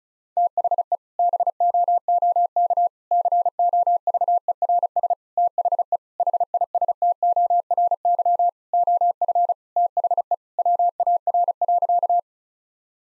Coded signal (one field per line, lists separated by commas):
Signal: Morse code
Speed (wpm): 35 wpm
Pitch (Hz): 700 Hz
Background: none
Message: THE BOOK COVERS THE HISTORY OF THE WAR.